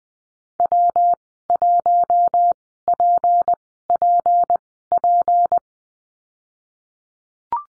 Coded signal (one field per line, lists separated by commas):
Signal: Morse code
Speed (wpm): 20 wpm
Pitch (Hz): 700 Hz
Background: none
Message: W1PPP